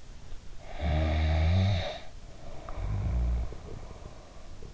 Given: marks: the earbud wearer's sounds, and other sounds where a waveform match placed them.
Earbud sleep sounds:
sounds in sleep by an in-ear microphone; snoring breath
0.67-4.74 s: snoring breath

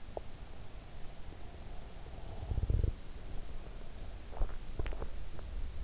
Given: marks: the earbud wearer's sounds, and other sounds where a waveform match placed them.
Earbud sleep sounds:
sounds in sleep by an in-ear microphone; teeth grinding, snoring breath, swallowing
0.00-0.38 s: teeth grinding
1.15-3.11 s: snoring breath
3.91-5.60 s: swallowing

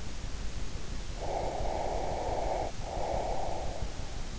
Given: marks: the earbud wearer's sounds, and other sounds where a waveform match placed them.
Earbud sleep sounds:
sounds in sleep by an in-ear microphone; breath
1.34-4.07 s: breath

